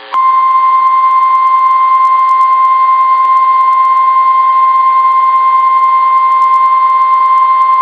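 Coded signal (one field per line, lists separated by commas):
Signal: Emergency Alert System (SAME) tones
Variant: 1050 Hz attention tone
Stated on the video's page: Hurricane and tropical storm warning tones from NOAA Weather Radio station in Daytona Beach, Florida.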